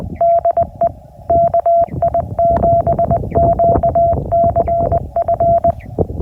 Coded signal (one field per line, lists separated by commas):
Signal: Morse code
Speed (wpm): 20 wpm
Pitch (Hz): 680 Hz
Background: none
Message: DE KI7QCF